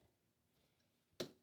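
A swing-away leg rest on a manual wheelchair frame is swung back to the front until its metal lock engages over the cutout in the metal. After a quiet stretch, a single short, sharp hit sounds at 1.2 s and quickly decays. The leg rest lock is seated.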